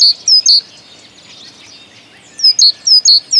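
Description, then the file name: Great tit with see-saw two-note whistled phrases at the start, a pause, then the same phrases resuming repeatedly. "Bogatka"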